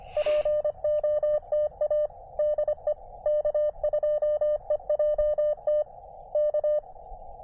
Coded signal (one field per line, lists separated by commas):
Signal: Morse code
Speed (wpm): 25 wpm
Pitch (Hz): 600 Hz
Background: radio noise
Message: POTA DE K2EJT K